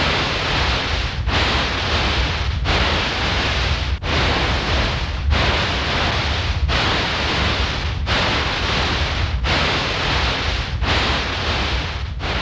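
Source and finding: Synthesized sound. Tinnitus simulation.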